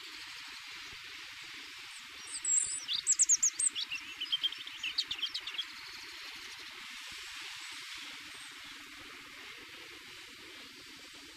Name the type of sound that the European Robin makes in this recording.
song